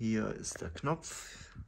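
A handlebar grip is being fitted into the metal handlebar tube of a Crane folding kick scooter sold at Aldi, after a first failed try, by pressing the metal spring button and pushing the grip in. Someone talks throughout, with only faint handling sounds underneath. The grip has not seated or clicked yet.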